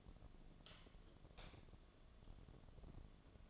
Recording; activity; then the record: daily activity, microphone in the room; light off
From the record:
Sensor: 4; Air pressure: 1011.1 hPa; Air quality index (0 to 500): 147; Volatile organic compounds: 3 ppm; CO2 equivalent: 1504 ppm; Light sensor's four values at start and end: 136/357/151/157 and 135/353/149/155